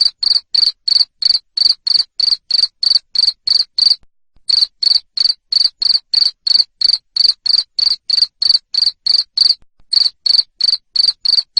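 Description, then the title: Cricket chirp series, sharp high buzzy chirps following one another rapidly, steady rhythm with two short silences. Loud cricket chirping (Indonesian "jangkrik ngerik") used to stimulate lovebirds to keep singing ("ngekek"). "Suara JANGKRIK NGERIK Keras Bikin LOVEBIRD Jadi NGEKEK Terus Vubey"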